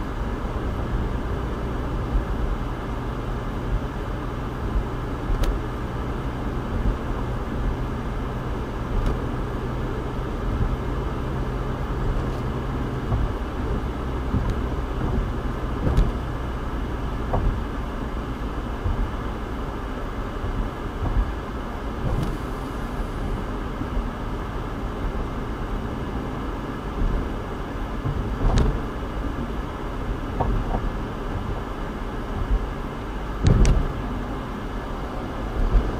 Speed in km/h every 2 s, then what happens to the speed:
74, 76, 76, 77, 79, 81, 81, 77, 72, 71, 68, 68, 69, 69, 69, 64, 61, 56.
0-13 steady at about 77. 13-20 slows to 68. 20-27 steady at about 68. 27-36 slows to 56.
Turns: none.